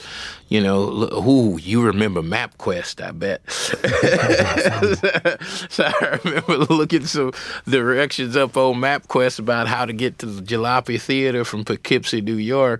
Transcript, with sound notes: I just, you know - ooh, you remember MapQuest, I bet.
(LAUGHTER)
So I remember looking some directions up on MapQuest about how to get to the Jalopy Theatre from Poughkeepsie, New York.